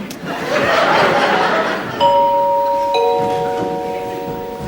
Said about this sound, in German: Es hat gegonkt. Wow, gegonkt! Gegonkt?